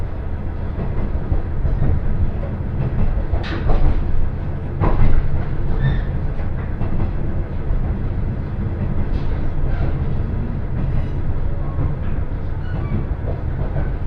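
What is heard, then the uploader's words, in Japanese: A Yamada Line local train rumbles along steadily, low and dense, with clattering bursts near four, five and nine seconds. 山田線普通 区界→陸中川井。ひたすら下り坂となり、駅間も長い区間が連続します。集落をみることのほうが珍しい区間を閉伊川に沿いながら走っていきます。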